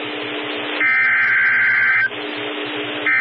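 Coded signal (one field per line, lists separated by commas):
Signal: Emergency Alert System (SAME) tones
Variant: header bursts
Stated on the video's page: SAME tones from NOAA Weather Radio and TV relays of severe thunderstorm and special marine warnings, some from online streams, one received on a Reecom R-1630 weather radio.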